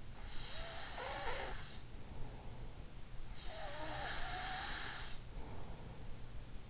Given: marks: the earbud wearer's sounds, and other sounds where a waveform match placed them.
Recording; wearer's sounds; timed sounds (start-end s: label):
sounds in sleep by an in-ear microphone; snoring breath
0.27-2.65 s: snoring breath
3.35-6.43 s: snoring breath